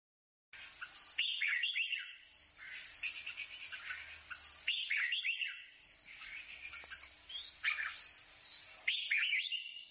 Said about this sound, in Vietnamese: Út Noãn Tâm bị tiếng chim hót ngoài cửa sổ làm thức tỉnh